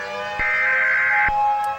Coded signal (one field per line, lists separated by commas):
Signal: Emergency Alert System (SAME) tones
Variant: header bursts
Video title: Aflame Affinity (EAS Mock)